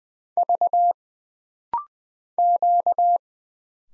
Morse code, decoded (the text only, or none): V Q